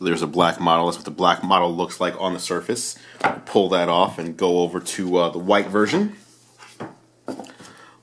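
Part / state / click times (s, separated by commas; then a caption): keyboard cover into tablet connector / seated / 7.3 s. Someone talks while a black Microsoft Surface Touch Cover keyboard is pulled off the tablet and a white Touch Cover keyboard is brought to the tablet's magnetic connector edge. The white cover snaps into place with a sharp click at 7.3 s, followed by a couple of faint follow-up taps, and it is seated.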